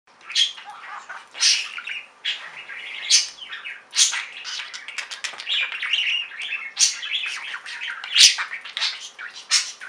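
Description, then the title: Budgerigar chatter: dense, rapid warbling with sharp chirps and squawky bursts, nearly continuous throughout, all high-pitched. "Budgie Sounds"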